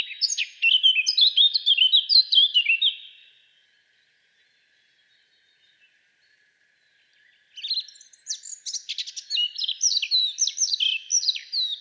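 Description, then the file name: Eurasian blackcap song in two bouts of quick, tumbling warbled notes, separated by about four seconds of silence. "Sylvia atricapilla"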